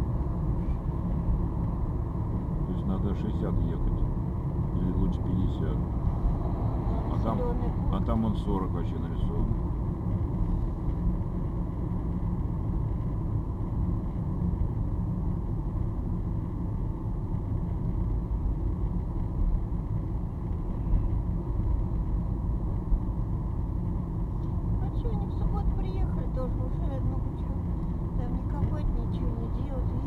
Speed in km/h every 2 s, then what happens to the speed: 51, 51, 50, 49, 46, 46, 45, 43, 40, 39, 39, 40, 40, 40, 42.
0-17 slows to 39. 17-30 steady at about 40.